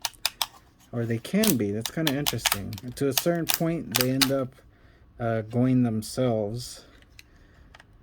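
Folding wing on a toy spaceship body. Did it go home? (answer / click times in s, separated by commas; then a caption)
yes / 7.2 s, 7.8 s. A few sharp plastic clicks open the clip, then someone talks while rotating a folding wing on a plastic toy spaceship shuttle body. The wing ratchets and clicks into a set position at 7.2 s and 7.8 s, and the linked wing on the other side moves with it.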